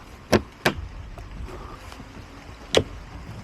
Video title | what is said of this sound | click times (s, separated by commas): Rebuilding a Tornado Damaged Seadoo Switch Pontoon | so those go in here locks in place and then slides to the back | 0.7 s, 2.8 s